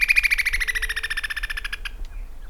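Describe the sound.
Great xenops call: a fast, even series of sharp, ringing notes dropping gradually in pitch over about two seconds, then stopping.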